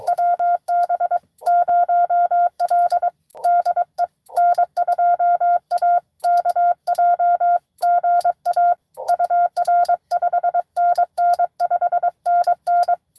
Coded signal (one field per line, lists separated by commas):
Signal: Morse code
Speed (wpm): 22 wpm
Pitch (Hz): 700 Hz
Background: none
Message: WB0L DE N2AKJ GA UR 5NN 5NN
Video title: N2AKJ is live! Doing pota at us-2114 #pota #cw #licw